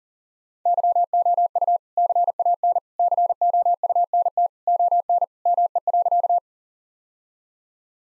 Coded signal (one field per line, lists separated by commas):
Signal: Morse code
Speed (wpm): 40 wpm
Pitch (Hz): 700 Hz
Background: none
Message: YOU CAN COUNT ON ME.